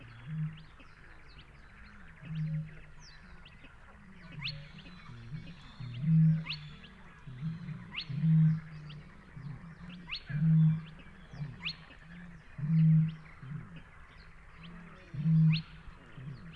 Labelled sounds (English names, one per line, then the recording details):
Spotted Crake song
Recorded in the wild
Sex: male
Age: adult
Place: Kützerhof, Kummerower See, Mecklenburg-Vorpommern, DE
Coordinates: 53.85, 12.8819
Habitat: wetland
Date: 2008-05-15
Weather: ca. 10°C, fast windstill, zunehmender Mond
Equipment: Sound Devices 702, Sennheiser MKH 70, Windkorb
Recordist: Frommolt, Karl-Heinz